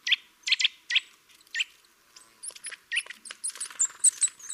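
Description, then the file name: Eurasian nuthatch giving loud, clipped calls, followed by a jumble of thinner, higher notes. "Sitta europaea"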